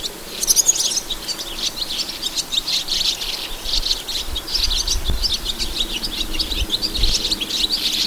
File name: partifecske hangja